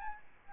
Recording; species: mosquito wingbeat signal from an infrared sensor; Aedes albopictus